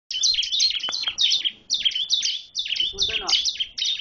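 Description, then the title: Bar-winged prinia song: rapid, high chattering notes dropping in pitch, repeated in quick bursts with brief pauses, with a faint lower rasping sound near the end. "Suara Burung Ciblek"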